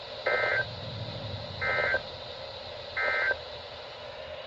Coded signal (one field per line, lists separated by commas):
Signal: Emergency Alert System (SAME) tones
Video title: flood. (EAS 531-535)